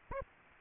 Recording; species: mosquito wingbeat signal from an infrared sensor; Aedes aegypti